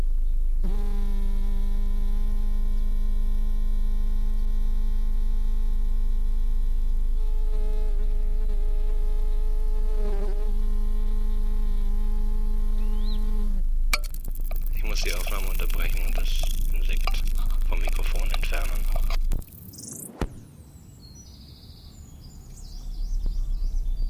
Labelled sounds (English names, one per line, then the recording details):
Western Bonelli's Warbler
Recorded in the wild
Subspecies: bonelli
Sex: diverse
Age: diverse
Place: am Erdbeerberg bei Eningen unter Achalm, Schwäbische Alb, Baden-Württemberg, DE
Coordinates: 48.4833, 9.26667
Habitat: forested mountain side
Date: 1970-06-23 10:30
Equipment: Nagra III PH, MD211, DP26
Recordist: Schneider, Hans-Joachim
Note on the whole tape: Phylloscopus bonelli bonelli. Warnrufe eines Weibchens in Nestnähe; Laute vom Männchen bei Annäherung ans Nest (mit Futter); Abwehr- oder Angstlaute der Jungen im Nest bei Belästigung durch den Beobachter. (Teilweise technische Störungen.) Sonagramm